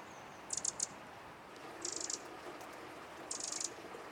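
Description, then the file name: Eurasian wren calling in quick, high, stuttering rattles of several clicks each, three bursts about one and a half seconds apart, against soft steady hiss. "Troglodytes troglodytes"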